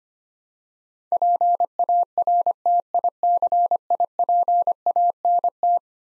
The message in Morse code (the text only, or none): PARTICIPANT